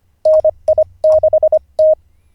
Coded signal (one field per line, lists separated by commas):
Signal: Morse code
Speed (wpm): 25 wpm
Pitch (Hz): 620 Hz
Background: none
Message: NI6T